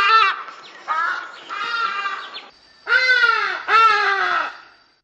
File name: hadida bird